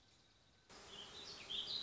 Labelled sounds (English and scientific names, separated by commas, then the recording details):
Warbling Vireo (Vireo gilvus)
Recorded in Sonoma County, California